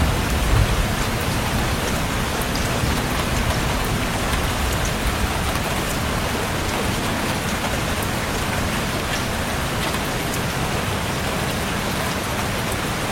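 Heavy rain pours down steadily, a dense, even hiss spread from a low rumble up to a bright sizzle. Individual drops tick and splatter across surfaces throughout, with no letup or change in intensity over the whole stretch.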